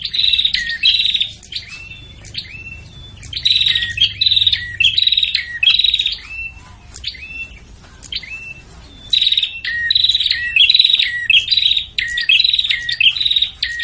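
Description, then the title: Prinia calls: clusters of loud buzzy bursts, each ending in a dropping whistled note, returning in waves after brief quieter gaps. Noisy prinia calls used to lure prinias, including Prenjak Kepala Merah (red-headed) and Prenjak Tamu. "Suara Prenjak Ribut Buat Pikat Burung Prenjak Kepala Merah Prenjak Tamu"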